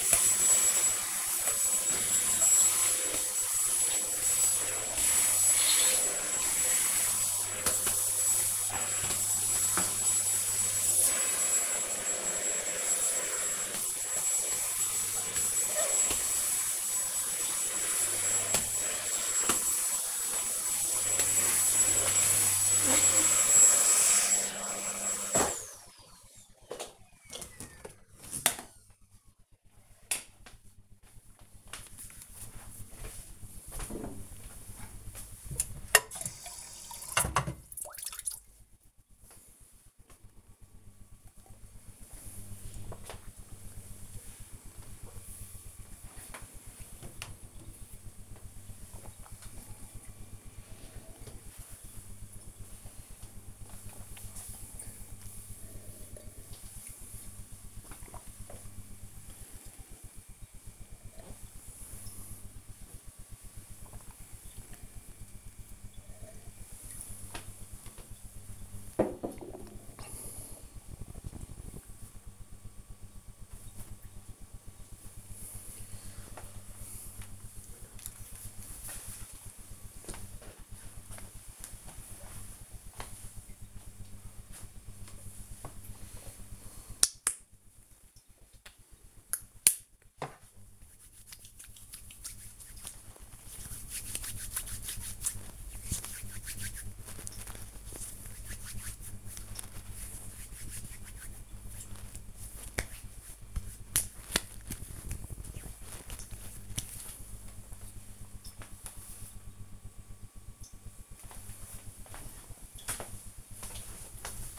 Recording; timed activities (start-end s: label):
household activities, microphone on the right wrist
0.00-25.02 s: vacuum cleaning
38.09-67.30 s: drinking
84.39-106.54 s: disinfecting hands